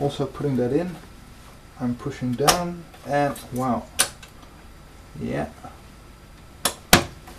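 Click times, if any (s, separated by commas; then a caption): 6.9 s. A network expansion card is pushed down into a motherboard PCI slot while someone talks. A lighter tap at 6.7 s is followed by a sharp click at 6.9 s, and the card is seated.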